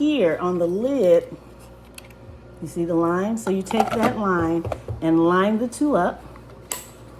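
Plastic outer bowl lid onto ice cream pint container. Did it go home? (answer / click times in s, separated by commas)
yes / 6.7 s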